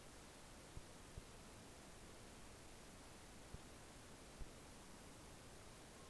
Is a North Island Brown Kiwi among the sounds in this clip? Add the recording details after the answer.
no. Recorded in New Zealand on 14 February 2013. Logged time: 02:13. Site DH65